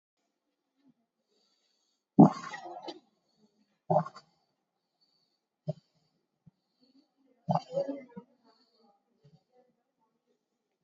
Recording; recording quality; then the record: deep breathing; excellent, no background noise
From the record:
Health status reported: COVID-19 positive, no symptoms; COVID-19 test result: positive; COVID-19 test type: RT-PCR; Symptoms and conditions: fatigue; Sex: male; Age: 36 years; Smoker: no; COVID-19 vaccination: one dose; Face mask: worn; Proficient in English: yes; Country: India